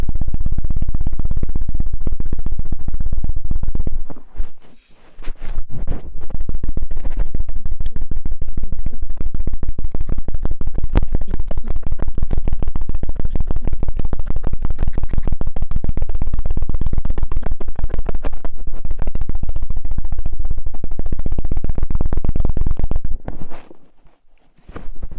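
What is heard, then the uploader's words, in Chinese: A cotton swab cleaning inside an ear gives a dense, deep rumbling scrape full of rapid crackles and rustles. The rubbing runs almost without pause, breaking briefly near five seconds and fading out around twenty-three seconds before a few last scratches. 棉签清洗耳朵。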